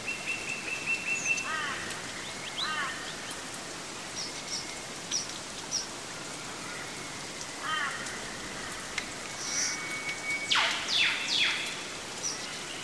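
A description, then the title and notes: Birdsong in the Daintree Rainforest over a steady hiss of insects. Short warbling phrases recur every few seconds, and near the end a series of loud, sharp whip-like calls sweep downward. High chirps dot the background throughout. The Daintree Rainforest in Queensland Australia.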